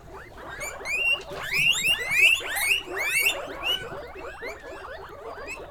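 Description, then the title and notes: Guinea pig squeals: many overlapping rising, whistled squeaks in a dense, uneven chorus, loudest in the middle. Guinea pig (cuy) pen, during a sound residency on traditional kitchens in Pujilí, Ecuador, in 2019. "Yanuna_Paisajes. CORRAL_CUY. en Pujilí - Ecuador 2019"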